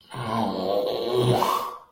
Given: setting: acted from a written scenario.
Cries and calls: vocal sound without words; embarrassment

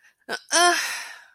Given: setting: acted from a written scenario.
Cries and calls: vocal sound without words; distress

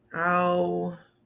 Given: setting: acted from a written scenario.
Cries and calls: vocal sound without words; disappointment

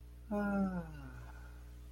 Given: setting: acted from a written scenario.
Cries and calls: vocal sound without words; serenity

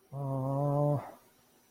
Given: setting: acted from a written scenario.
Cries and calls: vocal sound without words; sympathy

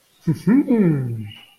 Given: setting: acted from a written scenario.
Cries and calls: vocal sound without words; interest

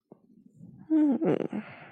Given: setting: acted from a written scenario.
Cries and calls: vocal sound without words; interest

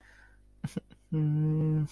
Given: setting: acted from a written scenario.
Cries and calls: vocal sound without words; embarrassment

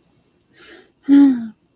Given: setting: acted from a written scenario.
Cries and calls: vocal sound without words; contentment

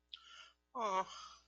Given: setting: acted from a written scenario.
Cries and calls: vocal sound without words; disappointment

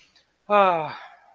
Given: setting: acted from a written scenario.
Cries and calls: vocal sound without words; serenity

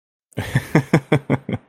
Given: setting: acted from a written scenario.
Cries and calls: vocal sound without words; amusement

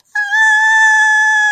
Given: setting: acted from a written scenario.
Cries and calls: vocal sound without words; distress

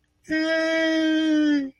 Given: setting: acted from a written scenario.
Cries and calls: vocal sound without words; elation

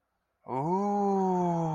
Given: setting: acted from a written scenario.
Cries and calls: vocal sound without words; awe

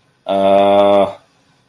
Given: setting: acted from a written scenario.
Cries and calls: vocal sound without words; confusion

